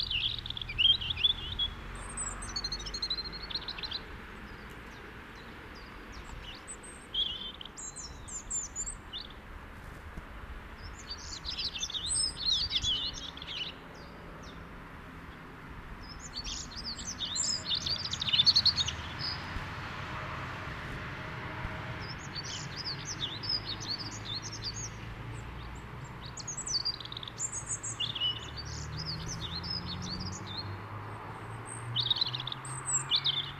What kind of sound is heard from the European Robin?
song